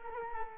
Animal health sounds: mosquito wingbeat signal from an infrared sensor; Culex quinquefasciatus

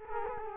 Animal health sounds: mosquito wingbeat signal from an infrared sensor; Culex quinquefasciatus

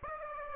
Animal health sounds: mosquito wingbeat signal from an infrared sensor; Aedes aegypti

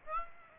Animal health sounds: mosquito wingbeat signal from an infrared sensor; Aedes aegypti

